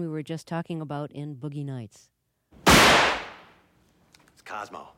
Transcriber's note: firecracker explodes